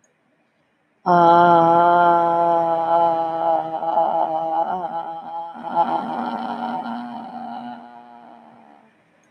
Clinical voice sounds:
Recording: vowel held as long as possible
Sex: female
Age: 70 to 79 years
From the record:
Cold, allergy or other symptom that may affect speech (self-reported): no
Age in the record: 75 years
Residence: Texas, United States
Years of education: 15

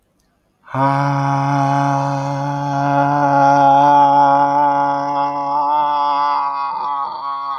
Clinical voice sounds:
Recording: vowel held as long as possible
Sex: male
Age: 30 to 39 years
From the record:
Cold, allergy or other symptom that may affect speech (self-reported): no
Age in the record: 34 years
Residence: Texas, United States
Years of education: 16

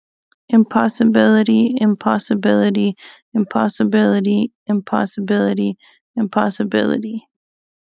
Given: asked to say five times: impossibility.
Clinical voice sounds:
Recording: repeated word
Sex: female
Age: 20 to 29 years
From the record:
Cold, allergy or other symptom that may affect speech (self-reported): no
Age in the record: 29 years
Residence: Minnesota, United States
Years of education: 12

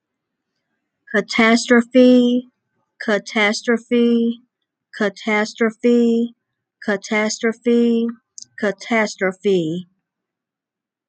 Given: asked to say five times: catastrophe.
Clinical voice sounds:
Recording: repeated word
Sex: female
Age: 20 to 29 years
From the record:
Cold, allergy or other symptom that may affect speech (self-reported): no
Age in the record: 29 years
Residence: North Carolina, United States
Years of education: 12

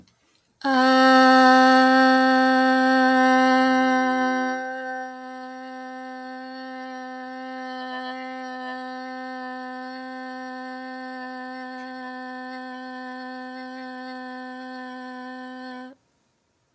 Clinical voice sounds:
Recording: vowel held as long as possible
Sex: female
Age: 30 to 39 years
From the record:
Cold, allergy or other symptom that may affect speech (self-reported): no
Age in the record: 33 years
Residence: Illinois, United States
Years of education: 16

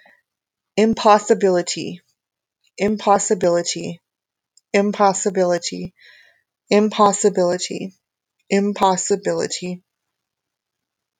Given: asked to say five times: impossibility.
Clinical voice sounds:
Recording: repeated word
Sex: female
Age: 50 to 59 years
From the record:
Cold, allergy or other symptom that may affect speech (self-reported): no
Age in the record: 50 years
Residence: Minnesota, United States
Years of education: 17

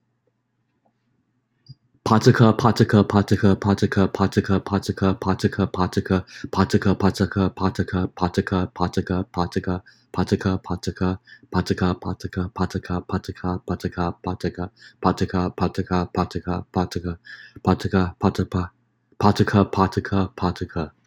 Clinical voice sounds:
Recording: repeated syllables /pa ta ka/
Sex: male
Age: 30 to 39 years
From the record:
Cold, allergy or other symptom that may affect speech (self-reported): no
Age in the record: 33 years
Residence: New York, United States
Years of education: 16

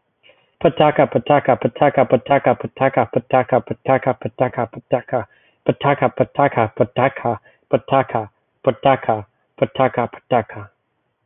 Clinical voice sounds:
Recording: repeated syllables /pa ta ka/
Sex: male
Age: 20 to 29 years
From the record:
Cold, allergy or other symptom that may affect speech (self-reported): no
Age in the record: 23 years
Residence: South Carolina, United States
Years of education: 16

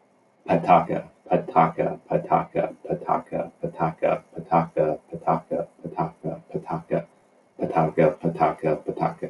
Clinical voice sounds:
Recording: repeated syllables /pa ta ka/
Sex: male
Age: 30 to 39 years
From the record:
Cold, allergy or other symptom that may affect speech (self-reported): no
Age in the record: 39 years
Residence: Utah, United States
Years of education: 16

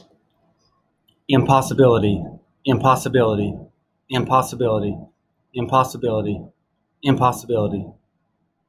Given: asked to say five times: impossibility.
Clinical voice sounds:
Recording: repeated word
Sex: male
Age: 30 to 39 years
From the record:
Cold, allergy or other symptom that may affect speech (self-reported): no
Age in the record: 35 years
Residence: United States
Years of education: 16

